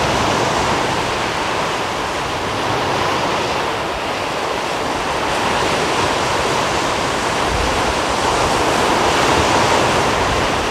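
Waves along the Omø coastline wash in a steady, dense roar, bright and hissing, with a faint wind rumble underneath and no clear birds.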